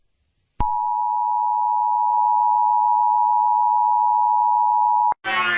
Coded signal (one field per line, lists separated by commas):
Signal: Emergency Alert System (SAME) tones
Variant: 853 and 960 Hz attention tone